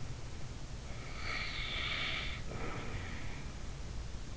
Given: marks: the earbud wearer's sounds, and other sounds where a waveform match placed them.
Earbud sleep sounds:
sounds in sleep by an in-ear microphone; breath
0.89-4.37 s: breath

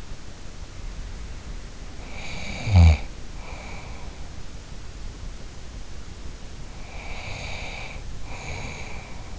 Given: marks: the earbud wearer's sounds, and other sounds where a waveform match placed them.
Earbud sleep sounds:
sounds in sleep by an in-ear microphone; snoring breath, breath
1.93-4.21 s: snoring breath
6.77-9.38 s: breath

